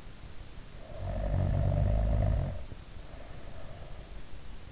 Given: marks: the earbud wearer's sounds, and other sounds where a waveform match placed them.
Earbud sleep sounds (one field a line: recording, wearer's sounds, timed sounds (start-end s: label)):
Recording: sounds in sleep by an in-ear microphone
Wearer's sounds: snoring breath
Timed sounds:
0.59-4.14 s: snoring breath